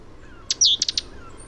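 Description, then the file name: Great tit giving a sharp high note and a falling slurred whistle, followed by three rapid ticking notes, bright and crisp over quiet hiss. "Parus major"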